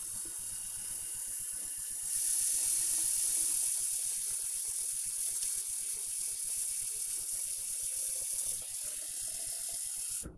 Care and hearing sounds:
household activities, microphone on the right wrist
0.00-10.38 s: watering plant

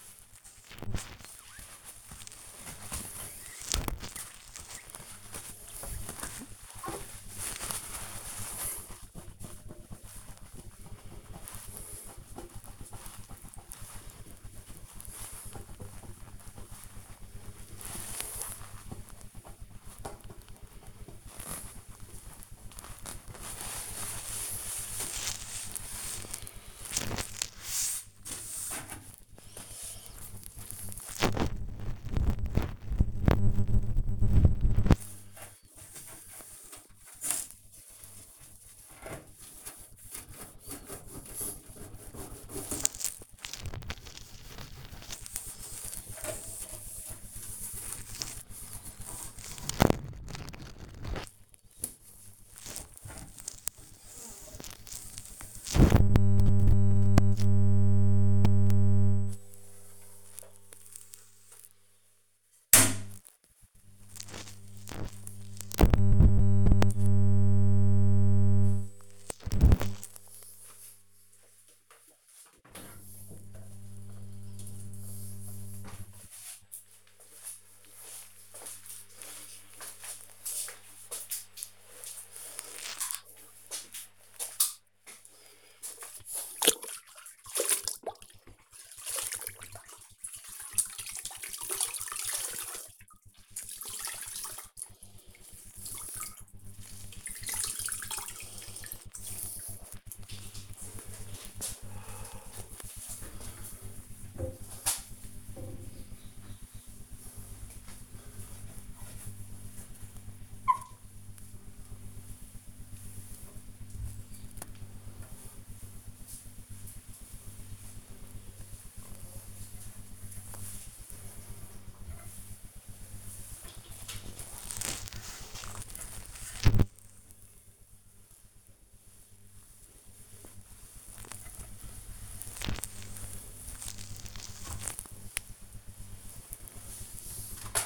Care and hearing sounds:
household activities, microphone on the right wrist
0.00-107.35 s: cleaning the cupboard
0.00-137.86 s: kitchen
114.38-137.86 s: cleaning the cupboard

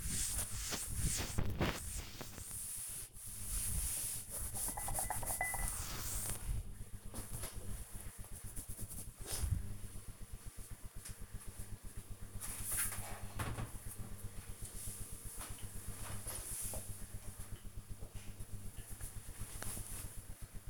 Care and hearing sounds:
household activities, microphone on the right wrist
0.00-6.63 s: cleaning table

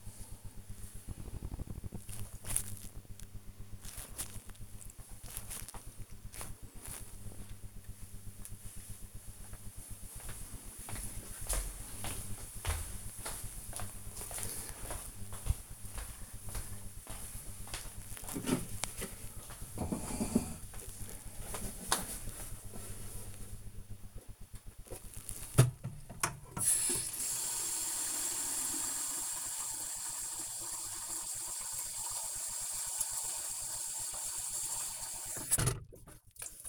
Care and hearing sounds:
household activities, microphone on the right wrist
23.79-36.69 s: watering plant

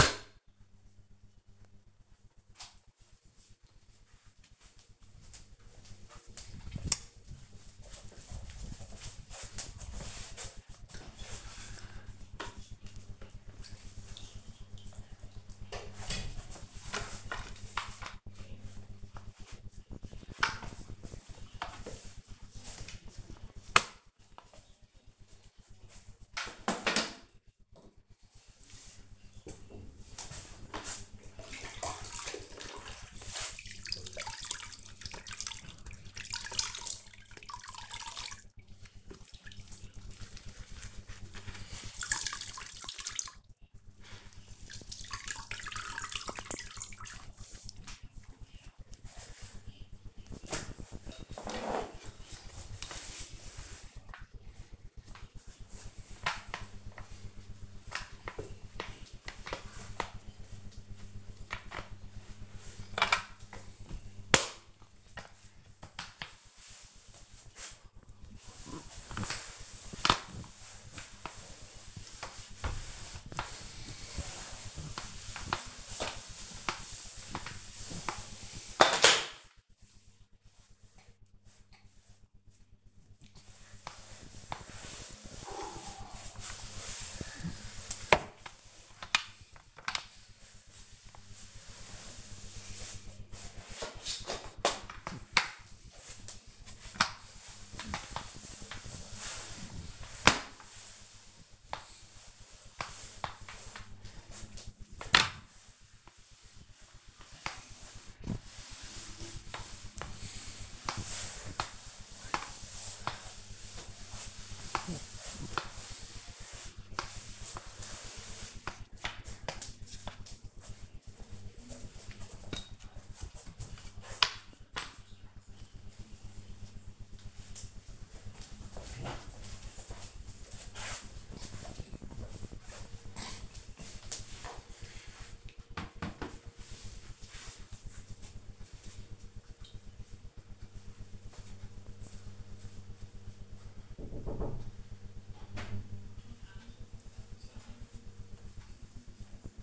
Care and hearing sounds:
household activities, microphone on the right wrist
10.80-122.66 s: floor cleaning

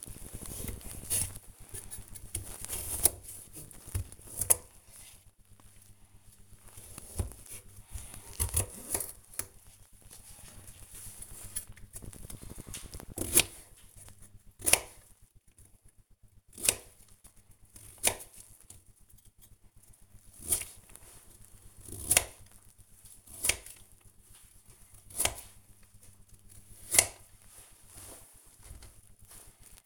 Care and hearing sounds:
household activities, microphone on the right wrist
0.00-29.86 s: cutting vegetables

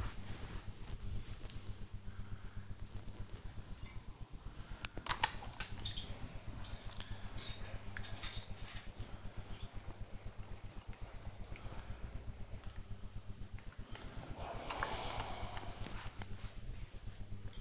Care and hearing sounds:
household activities, microphone on the right wrist
0.00-17.61 s: ironing laundry

